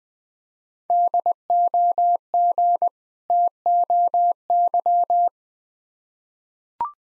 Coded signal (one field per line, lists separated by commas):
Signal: Morse code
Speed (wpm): 21 wpm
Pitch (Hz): 700 Hz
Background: none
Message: DOG TOY